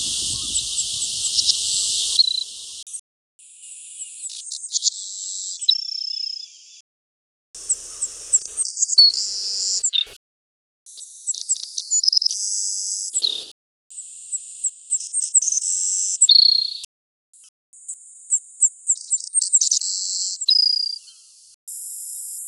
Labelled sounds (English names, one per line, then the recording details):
Savannah Sparrow song
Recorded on Kent Island, New Brunswick, in 1993